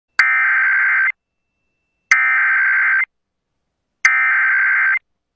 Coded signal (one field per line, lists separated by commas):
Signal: Emergency Alert System (SAME) tones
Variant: header bursts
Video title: EAS (FOUND) Child Abduction Emergency Hampton, VA